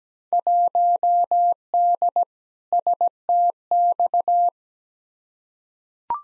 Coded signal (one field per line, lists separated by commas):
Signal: Morse code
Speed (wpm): 17 wpm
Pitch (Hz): 700 Hz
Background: none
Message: 1D STX